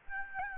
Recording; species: mosquito wingbeat signal from an infrared sensor; Aedes albopictus